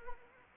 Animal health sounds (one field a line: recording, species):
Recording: mosquito wingbeat signal from an infrared sensor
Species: Anopheles arabiensis